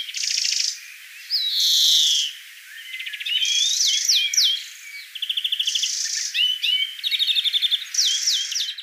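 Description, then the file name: European greenfinch song, rolling trills, twitters and a drawn-out wheezy note, delivered continuously. "Chloris chloris"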